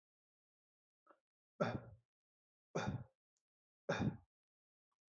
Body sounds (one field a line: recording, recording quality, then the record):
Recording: shallow voluntary cough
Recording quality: excellent, no background noise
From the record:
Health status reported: healthy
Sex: male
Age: 27 years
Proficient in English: yes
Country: India